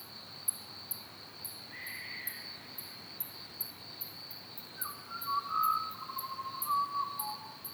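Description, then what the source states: Pied butcherbird song, a mellow fluty phrase of sliding, sustained whistles in the second half, with a constant high cricket drone and regular ticking in the background. Recorded at Ormiston Gorge.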